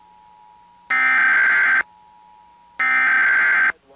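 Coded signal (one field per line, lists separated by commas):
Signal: Emergency Alert System (SAME) tones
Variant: header bursts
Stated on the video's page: EAS test broadcast by WJLA.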